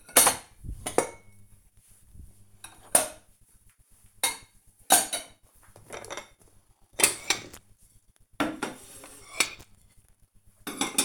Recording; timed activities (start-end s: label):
household activities, microphone on the right wrist
0.00-11.04 s: putting away the dishes